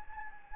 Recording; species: mosquito wingbeat signal from an infrared sensor; Anopheles gambiae